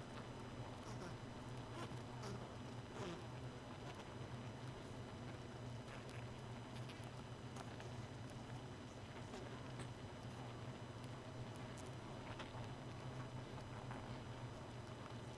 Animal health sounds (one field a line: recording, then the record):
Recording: honeybee colony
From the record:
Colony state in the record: missing queen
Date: 31 May 2018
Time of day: 0:57